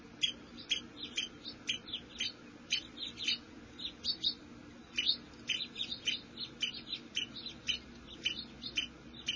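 Squirrel chip calls, sharp high clicks repeated rapidly and unevenly, over a steady low hum.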